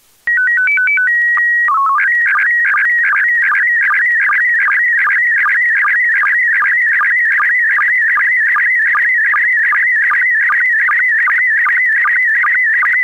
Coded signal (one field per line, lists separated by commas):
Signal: SSTV (slow-scan television)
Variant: PD 50